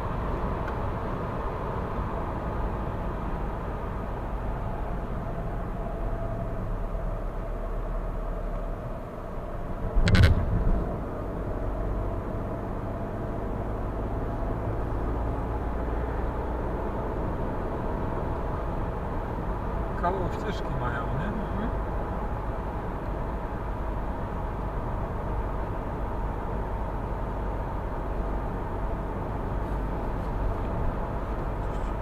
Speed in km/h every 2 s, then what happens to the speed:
96, 88, 76, 67, 65, 63, 72, 80, 87, 89, 90, 90, 87, 86, 86, 86.
0-10 slows to 63. 10-17 speeds up to 89. 17-32 steady at about 87.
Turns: none.